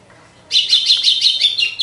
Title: Canto Galo Campina Fêmea. GALO DE CAMPINA DEPOIS DA MUDA (disputa)